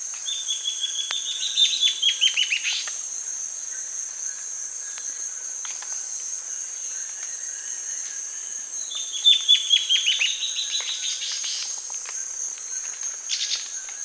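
Bird giving a bright trilled series of quick notes that starts high and steps downward, heard twice about eight seconds apart over a continuous high-pitched insect drone.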